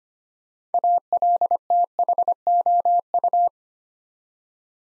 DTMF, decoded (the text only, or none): none